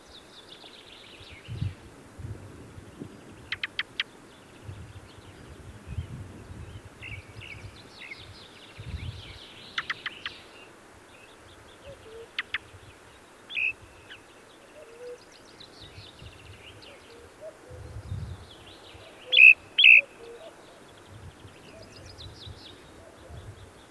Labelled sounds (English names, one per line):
Ring Ouzel song